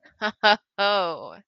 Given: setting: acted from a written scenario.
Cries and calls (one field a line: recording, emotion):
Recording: vocal sound without words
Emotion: pride